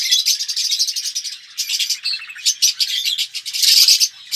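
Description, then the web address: Red-rumped parrot song of sharp, rapid chirps and warbled twittering, with a brief lull midway and a loud burst near the end. "pevcii-popugai parrots psephotus-haematonotus"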